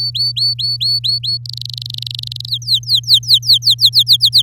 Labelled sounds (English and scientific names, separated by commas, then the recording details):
Domestic Canary (Serinus canaria) song
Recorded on 8 May 2018 at 06:17
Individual llb16